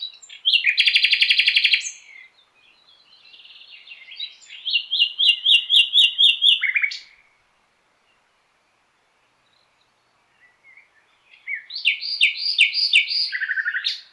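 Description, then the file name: Common nightingale song: a rapid buzzy trill, then a run of quick repeated notes ending in a low slur, a pause, and another fast rattling phrase. "Luscinia megarhynchos"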